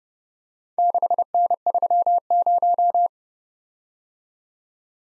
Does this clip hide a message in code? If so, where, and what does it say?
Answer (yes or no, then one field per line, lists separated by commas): yes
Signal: Morse code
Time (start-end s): 0.8-3.1 s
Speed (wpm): 28 wpm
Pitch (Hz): 700 Hz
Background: none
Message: 6N30